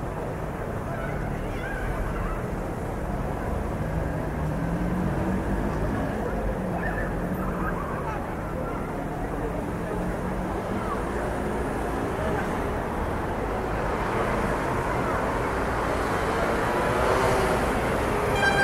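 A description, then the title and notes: City ambience at night in France, a steady low rumble of traffic and vehicles filling the whole stretch. Faint voices surface now and then beneath the hum, and the wash grows slightly louder and brighter toward the end. This is a podcast of ambient sounds from the city of France at night.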